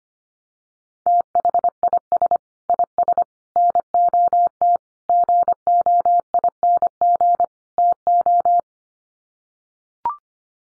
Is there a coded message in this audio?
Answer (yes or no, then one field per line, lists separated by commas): yes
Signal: Morse code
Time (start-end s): 1.1-8.6 s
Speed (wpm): 25 wpm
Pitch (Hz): 700 Hz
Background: none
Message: THIS IS NOT GOING TO